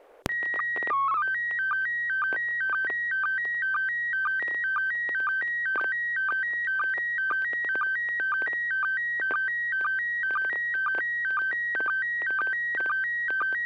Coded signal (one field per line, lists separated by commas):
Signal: SSTV (slow-scan television)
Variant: PD 120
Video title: N6NA SSTV Net - 11/19/2025